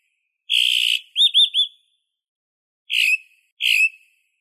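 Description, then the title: Bird calls: a harsh buzzy note, three quick looping whistled notes, then two sharp downslurred whistles after a pause, on a silent background. "LuckyPassaros CompletosSama"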